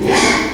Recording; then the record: squeal of a Yucatan mini pig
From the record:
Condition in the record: after surgery on the right vocal fold (resection and tissue-engineered implant); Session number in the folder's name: 4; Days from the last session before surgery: 42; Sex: male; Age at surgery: 12 weeks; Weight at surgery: 13 kg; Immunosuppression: cyclosporine, prednisolone